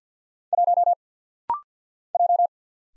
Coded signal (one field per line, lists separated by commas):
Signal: Morse code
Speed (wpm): 49 wpm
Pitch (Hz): 700 Hz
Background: none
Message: 1 J